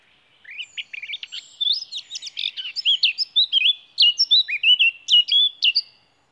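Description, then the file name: Eurasian blackcap song: a rapid, scratchy warble of varied high notes that grows louder and turns into clear, fluty whistled phrases toward the end, about five seconds long. "Sylvia atricapilla"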